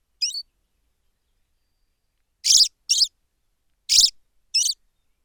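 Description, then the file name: Common blackbird calling with a few separate harsh, high chink notes spaced irregularly, two close pairs after a quiet gap, otherwise silent. "Turdus merula"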